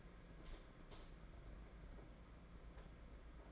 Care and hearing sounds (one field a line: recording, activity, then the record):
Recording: daily activity, microphone in the room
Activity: light on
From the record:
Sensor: 5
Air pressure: 992.1 hPa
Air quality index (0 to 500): 201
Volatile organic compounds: 1000 ppm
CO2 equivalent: 5784 ppm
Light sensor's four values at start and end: 8/18/7/8 and 8/20/8/9